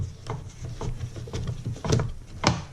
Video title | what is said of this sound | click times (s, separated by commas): Complete Disassembly of an e46 Headlight Unit (Bi-Xenon) - Part 1 | Alright, you guys heard that click? That means this one's out. | 2.5 s